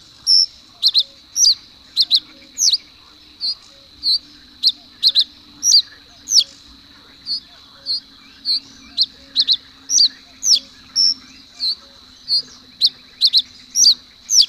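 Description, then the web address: Common reed bunting song of short, sharp high notes, often paired or in quick clusters, with brief pauses between, over a faint steady high hiss. "agykontroll Madardalok Cd 3. Nádi sármány"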